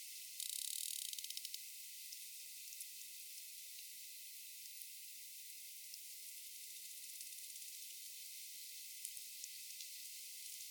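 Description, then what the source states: Sperm whale clicks, a brief dense burst of rapid clicks at the start, then scattered single clicks over steady hiss. Rapid click series.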